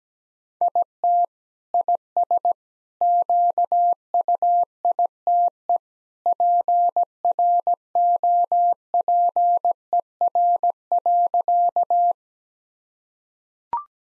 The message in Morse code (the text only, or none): IT IS QUITE PROPER.